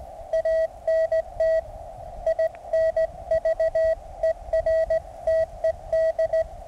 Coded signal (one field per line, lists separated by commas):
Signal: Morse code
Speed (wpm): 18 wpm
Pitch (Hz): 650 Hz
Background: radio noise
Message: ANT INVERTED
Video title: Ultimate QRP ~ Mountain Topper MTR 3B Radio ~ Resonant Antenna ~ 9 Volts